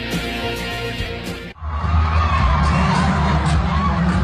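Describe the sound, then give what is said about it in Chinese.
A large crowd of fans screams and cheers loudly during a show segment of a snowboard competition at the Bird's Nest stadium in Beijing, a dense sustained roar that dips for a moment partway through before surging back, shrill and continuous to the end. “如果只听粉丝们的尖叫声，你可能以为这是某个明星的演唱会，但其实这只是在鸟巢进行的费雪单板滑雪比赛中的一个表演环节。”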